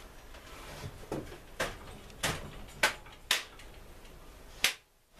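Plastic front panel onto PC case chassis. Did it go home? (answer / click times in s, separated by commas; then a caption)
yes / 2.8 s, 3.3 s, 4.6 s. A plastic front panel is pushed back onto a Zalman H11 PC case chassis, with softer knocks around 1.1 s, 1.6 s and 2.2 s. Sharp clip snaps follow at 2.8 s, 3.3 s and 4.7 s, and the panel is seated.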